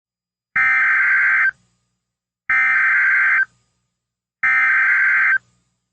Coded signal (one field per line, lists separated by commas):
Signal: Emergency Alert System (SAME) tones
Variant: header bursts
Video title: 17th April 2026 - EF1 Tornado - Rochester, Elgin Minnesota - NOAA Weather Radio